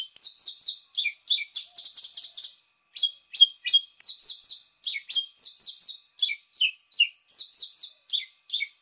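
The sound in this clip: Javan bushlark song: rapid bursts of bright chirps and short descending notes, repeated steadily with brief pauses.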